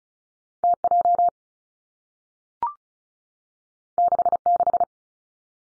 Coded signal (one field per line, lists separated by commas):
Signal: Morse code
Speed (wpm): 36 wpm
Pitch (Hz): 700 Hz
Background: none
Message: T J 6 6